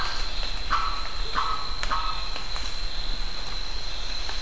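Bird calls, three brief notes spaced under a second apart, against a steady hiss and low background rumble.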